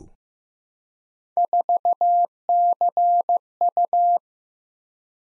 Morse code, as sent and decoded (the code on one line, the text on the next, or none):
....- -.-. ..-
4CU